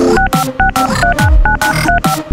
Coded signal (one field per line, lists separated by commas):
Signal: DTMF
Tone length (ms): 120 ms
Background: music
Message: 6565399935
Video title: Isaac Miell - Dial up modem remix